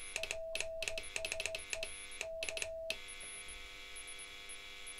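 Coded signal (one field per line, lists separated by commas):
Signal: Morse code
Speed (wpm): 16 wpm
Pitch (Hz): 650 Hz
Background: none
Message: PSE K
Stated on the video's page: Sent on a home-built Pixie V3 40 m fixed-frequency 1 W CW transceiver kit.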